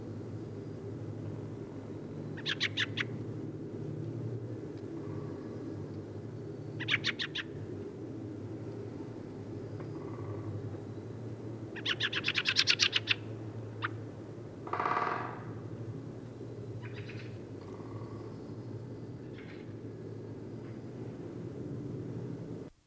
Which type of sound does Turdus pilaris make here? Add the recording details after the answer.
call. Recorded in the wild. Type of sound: call. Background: Dendrocopos major. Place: Venz, Insel Rügen, Mecklenburg-Vorpommern, DE. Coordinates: 54.497, 13.302. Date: 1975-02-22. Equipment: Nagra III BH, Sennheiser MD 21, parabola. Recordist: Schubert, Michael. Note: Wacholderdrossel schackert, 2 Buntspechte trommeln im Hintergrund